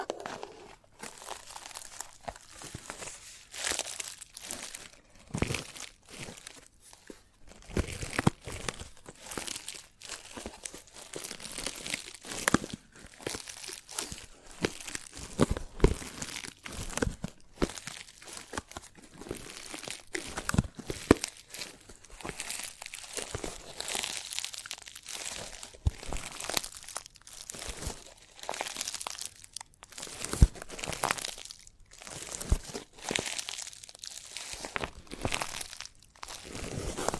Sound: Chalk Sounds Tapping, Scratching, Carving